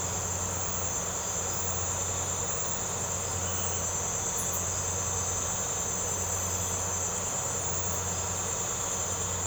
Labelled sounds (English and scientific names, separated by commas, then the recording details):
none
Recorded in secondary vegetation near Puerto Asís, Putumayo, Colombia, on 21 March 2025 at 02:30
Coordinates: 0.468, -76.324
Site G059